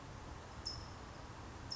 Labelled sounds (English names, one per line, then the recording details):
California Towhee
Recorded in Sonoma County, California